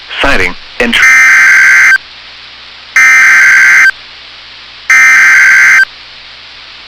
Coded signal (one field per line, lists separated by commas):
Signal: Emergency Alert System (SAME) tones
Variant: header bursts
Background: speech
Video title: [EAS Compilation] Severe Thunderstorm Warnings on NOAA Weather Radio WXM99 6 August